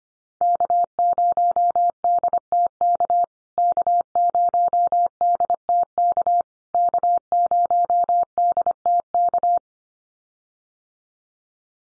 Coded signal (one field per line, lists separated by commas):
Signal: Morse code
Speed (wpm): 25 wpm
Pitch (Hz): 700 Hz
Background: none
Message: K0DTK K0DTK K0DTK